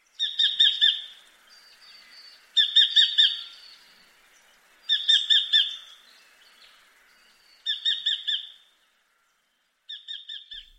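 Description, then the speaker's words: Sacred Kingfisher kikiket call: five bursts of sharp, rapid, repeated notes, each about a second long, spaced a few seconds apart against a quiet background. "The sacred kingfisher makes a kikiket call that sounds a bit like this."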